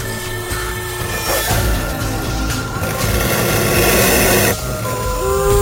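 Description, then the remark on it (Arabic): Wolves or dogs howling, several long, wavering tones overlapping and rising in pitch over a dense, rough background noise, loud and continuous throughout with no talking. “بدأ صوت الديابة أو الكلاب ده يملى المكان كله.”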